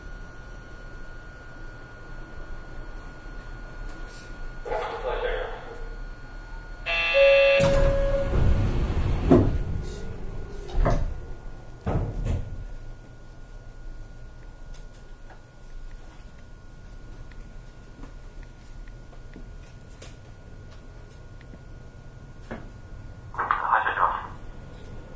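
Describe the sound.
Inside an Astram Line 6000 train running in Hiroshima, a low steady rumble and faint whine continue throughout. Around 7 to 10 seconds a loud burst of clatter and a brief tone rise above it, with short voice-like sounds near 5 and 24 seconds.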